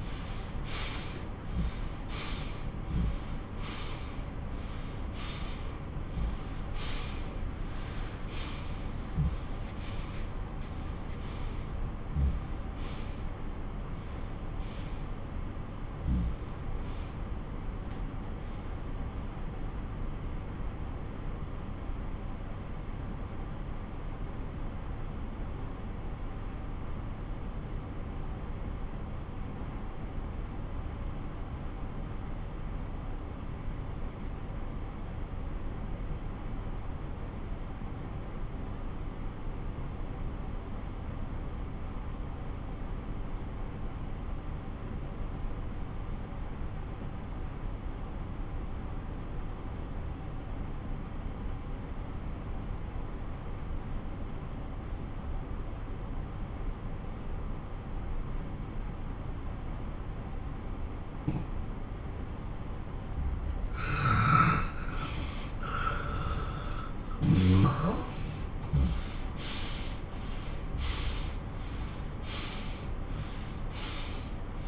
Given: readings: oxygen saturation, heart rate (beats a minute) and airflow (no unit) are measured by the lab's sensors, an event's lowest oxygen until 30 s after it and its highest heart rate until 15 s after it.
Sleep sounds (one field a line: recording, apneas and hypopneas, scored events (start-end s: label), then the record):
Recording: breathing in sleep by a smartphone at the bedside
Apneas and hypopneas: 1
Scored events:
17.00-61.30 s: obstructive apnea (N2, oxygen 98% highest, then 83% lowest)
56.00-74.68 s: new sleep stage, N1 (lightest sleep)
From the record:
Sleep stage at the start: N2 (light sleep)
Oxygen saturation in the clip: 85 to 98%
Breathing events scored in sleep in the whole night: 217 in 6.3 hours asleep